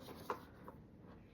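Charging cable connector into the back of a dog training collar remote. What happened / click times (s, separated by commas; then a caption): The charging connector clicked into its port / 0.3 s. A charging splitter cable connector is pushed into the charging port on the back of a Dogtra 280X Pro dog training e-collar remote. It clicks into place at 0.3 s, with a fainter tick at about 0.7 s over low background noise, and the connector is seated.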